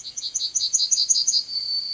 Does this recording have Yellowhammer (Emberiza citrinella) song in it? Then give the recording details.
yes. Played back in forest. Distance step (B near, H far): C. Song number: 139